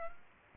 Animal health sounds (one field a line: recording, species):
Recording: mosquito wingbeat signal from an infrared sensor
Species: Aedes aegypti